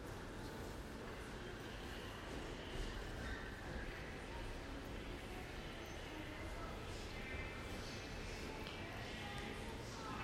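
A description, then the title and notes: A moving walkway in an airport terminal hums and rumbles steadily for the whole stretch, a dense low drone that holds level throughout. Voices murmur and talk on top, with faint higher clatters and rattles scattered through the busy hall. A Travelator in Heathrow Airport - Terminal 3.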